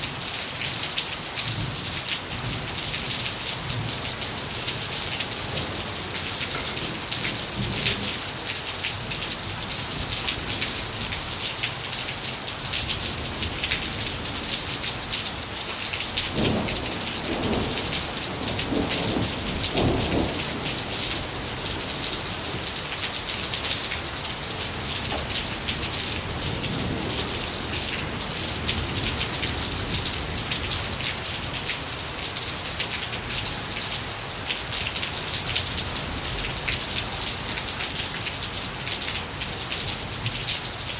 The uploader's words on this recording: The thunder started to roll and the rain began to fall. This was one of the biggest storms we've had all monsoon season, at least in central Phoenix.